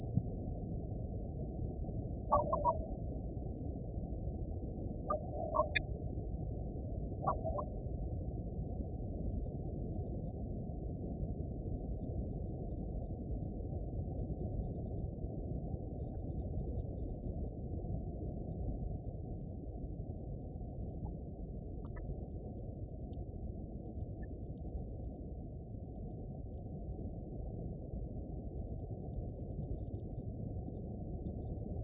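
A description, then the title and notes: A midsummer night in karst country, filled with a dense, steady wall of high insect buzzing and trilling that pulses slightly in strength. Beneath it sits a low, faint rumble, and a few brief soft chirps sound in the first eight seconds. Karst midsummer night. Recorded in Krajna vas, Slovenia.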